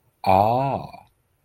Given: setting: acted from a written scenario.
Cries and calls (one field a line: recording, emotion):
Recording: vocal sound without words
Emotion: realization